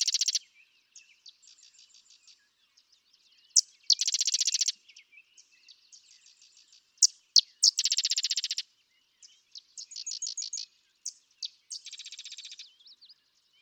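Sedge wren giving high, dry staccato notes that break into loud mechanical chattering trills, several phrases in a row separated by brief gaps.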